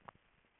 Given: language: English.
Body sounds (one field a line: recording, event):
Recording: throat vibration sensor signal played as sound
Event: swallow